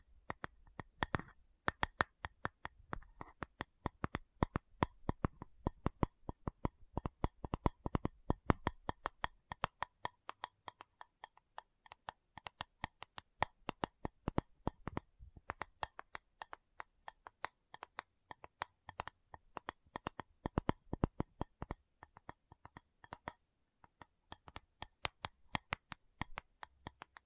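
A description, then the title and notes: A tapping session with no talking: dense, quick taps in irregular bursts, sharp and crisp with bright clicky tops and a soft low thump underneath. Activity thins briefly around ten and twenty-three seconds, then picks back up. Tapping Session (No Talking).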